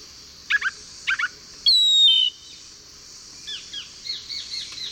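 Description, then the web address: Lawrence's thrush singing: two short chattering bursts, then a loud down-slurred whistle, followed by a string of soft, varied high notes. Eastern lowlands of South America. "WLL Grade 1-12 Pre-Uni Library Enter Natures Songs S America Eastern Lowlands Lawrence's Thrush"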